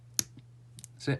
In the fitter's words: and then all we do now is nice and slowly again you'll hear the click that's